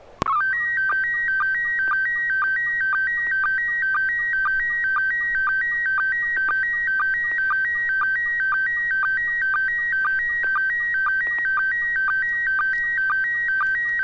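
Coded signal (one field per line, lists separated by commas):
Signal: SSTV (slow-scan television)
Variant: PD 120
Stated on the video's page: SSTV images sent on a weekly amateur net over an FM repeater on 441.300 MHz in Sacramento, using MMSSTV software.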